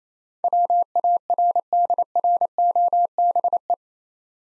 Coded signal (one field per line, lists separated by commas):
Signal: Morse code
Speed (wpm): 27 wpm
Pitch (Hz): 700 Hz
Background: none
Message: WARDROBE